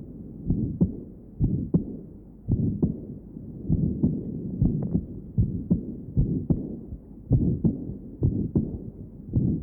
Patient with aortic stenosis and aortic insufficiency, recording taken from left sternal edge. Note the ejection systolic murmur and the long early diastolic murmur.